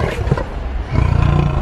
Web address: 2013 DEC 17 13 12 17 WHITE-LION